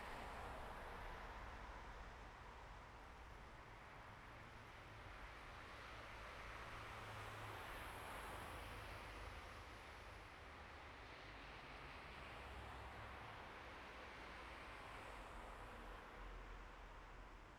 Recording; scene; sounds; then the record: everyday scene through a hearing-aid microphone; in traffic; traffic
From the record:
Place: bus stop on a city main road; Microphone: behind the ear, right, rear